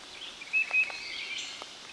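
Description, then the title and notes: Tufted titmouse: two short, high notes in quick succession, followed by a few faint, soft sounds. "Tufted Titmouse by Christie Mullen"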